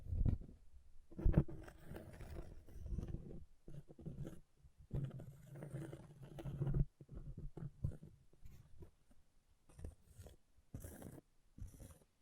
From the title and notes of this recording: ASMR Brain Melting Object Scratching (No Talking).